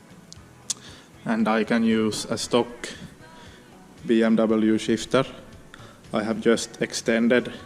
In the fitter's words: this clicks right in here and I